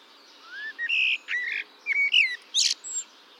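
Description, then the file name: Common blackbird delivering a short song: a low rising fluty note, then warbled whistles and a sharp high squeaky ending. "Turdus merula"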